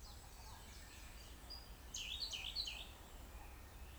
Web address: nagaike koruri